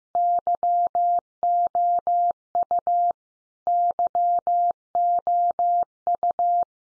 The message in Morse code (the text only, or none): YOU YOU